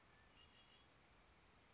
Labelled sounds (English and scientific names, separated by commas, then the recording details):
Red-winged Blackbird (Agelaius phoeniceus)
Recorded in Sonoma County, California